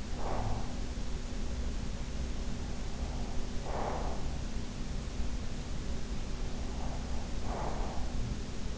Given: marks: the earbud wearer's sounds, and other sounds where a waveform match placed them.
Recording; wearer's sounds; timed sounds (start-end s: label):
sounds in sleep by an in-ear microphone; breath
0.00-0.96 s: breath
2.89-4.49 s: breath
6.59-8.25 s: breath